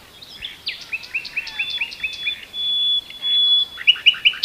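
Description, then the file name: Common nightingale song: a series of quick chirps, two long pure whistled tones, then a few sharp repeated notes at the end. "Luscinia megarhynchos"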